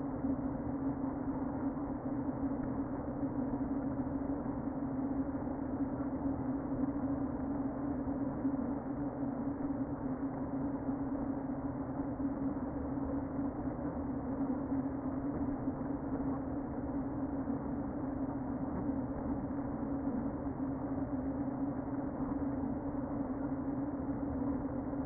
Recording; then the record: honeybee colony, microphone inside the hive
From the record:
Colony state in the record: queen present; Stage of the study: before two queens were removed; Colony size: about 60,000 bees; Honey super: yes